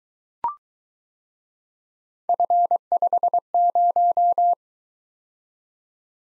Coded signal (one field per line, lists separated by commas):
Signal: Morse code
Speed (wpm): 22 wpm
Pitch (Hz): 700 Hz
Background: none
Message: F50